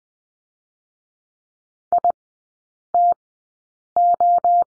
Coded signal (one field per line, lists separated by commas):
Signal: Morse code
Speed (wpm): 20 wpm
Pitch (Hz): 700 Hz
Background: none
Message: ITO